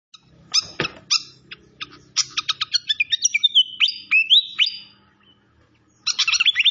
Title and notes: Masteran Sikatan Kipas Suara Jernih Dan Suara Gemericik Air. Suara Burung Sikatan Londo